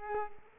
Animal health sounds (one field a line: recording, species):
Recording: mosquito wingbeat signal from an infrared sensor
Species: Culex pipiens